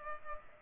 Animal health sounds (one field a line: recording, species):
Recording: mosquito wingbeat signal from an infrared sensor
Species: Culex pipiens